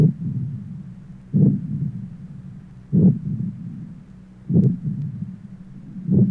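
Four strong low-pitched heartbeats come about every 1.6 seconds, with a softer, continuous rushing sound between them, heard at the aortic area in a 75-year-old. This is an aortic regurgitation murmur from a luetic (syphilitic) aortic aneurysm with aortic insufficiency: blood leaks back through the aortic valve during diastole.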